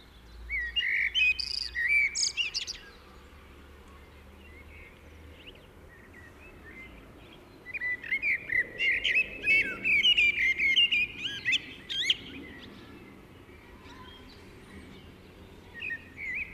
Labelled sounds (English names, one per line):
Common Blackbird song